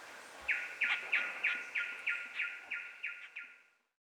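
Fluffy-backed tit-babbler calling a fast series of about ten short, bright notes that slowly fade, with a steady high hum running beneath.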